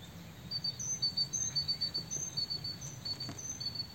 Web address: SETE data Parus major